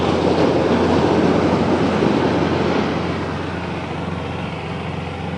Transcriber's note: loud engine